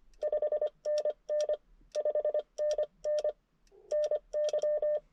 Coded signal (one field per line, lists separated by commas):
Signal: Morse code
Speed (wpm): 25 wpm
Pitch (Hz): 600 Hz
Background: none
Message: 5NN 5NN NY